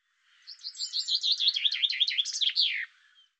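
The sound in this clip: Bird song: a quick run of about a dozen high, down-slurred chirps, ending in a sharp descending flourish, lasting roughly two and a half seconds.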